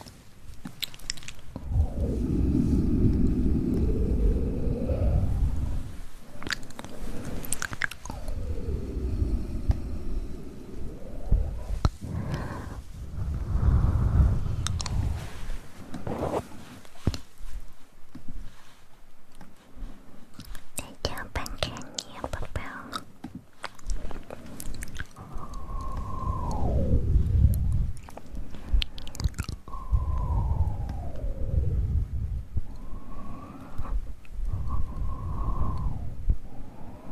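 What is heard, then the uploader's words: Mouth sounds: low, wet, gurgling rumbles that swell and fade in repeated pulses, with squeaky rising-and-falling whistle-like tones from about 25 seconds on. Sharp clicks and smacks punctuate the whole stretch, thickest in the middle. Mouth sounds.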